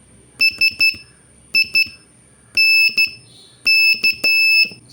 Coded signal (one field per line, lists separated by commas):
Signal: Morse code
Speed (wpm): 13 wpm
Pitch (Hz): 2650 Hz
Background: none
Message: SINK